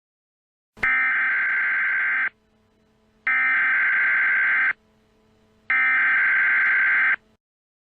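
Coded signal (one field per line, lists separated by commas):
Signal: Emergency Alert System (SAME) tones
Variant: header bursts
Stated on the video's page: Fictional EAS scenario based on the novel Fahrenheit 451, not a real alert.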